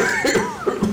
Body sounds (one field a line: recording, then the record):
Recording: coughing mixed with background sound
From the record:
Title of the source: Mid-morning Winter Coughing Fit